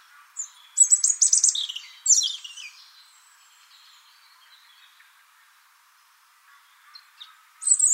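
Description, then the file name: European robin song: a sparkling phrase of very high trills and sweeping notes, a second short burst after a pause, then faint notes before a fresh high phrase. "Erithacus rubecula"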